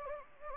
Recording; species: mosquito wingbeat signal from an infrared sensor; Anopheles gambiae